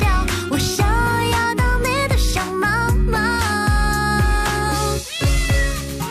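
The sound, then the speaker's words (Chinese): An upbeat pop tune with a steady thumping beat, played on a Beijing Music Radio morning show, where a bright sung voice imitates cat meows in quick repeated bursts, loud and continuous over the music. “我也是发过喵喵喵的人啊，各位可以发送一下喵喵喵到早安音乐秀的后花园当中。”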